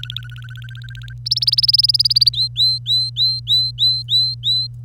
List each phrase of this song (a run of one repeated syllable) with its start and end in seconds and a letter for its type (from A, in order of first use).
0.00-1.13 A, 1.26-2.29 B, 2.33-4.67 C